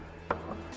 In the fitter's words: beams and it's actually locked into place right now that doesn't look good at all